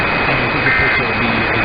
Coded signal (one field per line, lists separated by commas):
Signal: Emergency Alert System (SAME) tones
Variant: end-of-message bursts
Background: speech